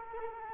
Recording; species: mosquito wingbeat signal from an infrared sensor; Culex quinquefasciatus